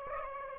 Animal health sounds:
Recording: mosquito wingbeat signal from an infrared sensor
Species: Aedes aegypti

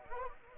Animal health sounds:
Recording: mosquito wingbeat signal from an infrared sensor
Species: Anopheles arabiensis

